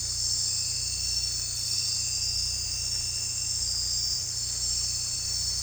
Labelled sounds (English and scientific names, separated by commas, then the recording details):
none
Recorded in dense forest near Puerto Asís, Putumayo, Colombia, on 16 December 2024 at 01:30
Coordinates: 0.467, -76.328
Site GP05